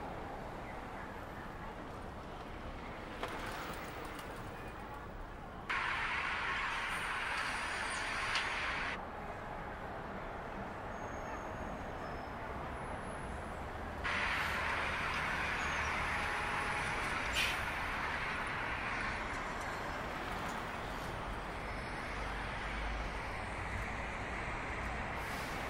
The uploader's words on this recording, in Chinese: 坐在300快外晒太阳｜城市声音。很喜欢300快外公交，坐在二层的第一排，被太阳从头到脚晒着，很浪漫。